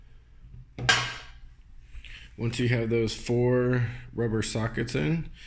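A rubber mounting socket taken from the stock engine cover of a 4C, held in by neither glue nor screws, is pushed into its hole in a new custom carbon fiber engine cover and pops into place with a sharp click at 0.9 s. Someone then talks. The socket is seated.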